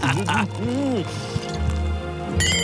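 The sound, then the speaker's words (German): A small Piccolo bottle of sparkling wine is opened and poured, with a steady liquid gurgle and fizz lasting a couple of seconds, overlapped by brief voiced murmurs. “Darauf lass uns eine Flasche Piccolo öffnen.”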